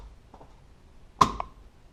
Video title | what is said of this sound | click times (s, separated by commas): How To Replace Honeywell Thermostat Batteries - FIXES NO A/C or HEAT | snaps in just like that and that's all there is to it guys | 1.2 s